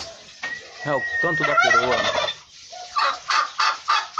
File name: canto do peru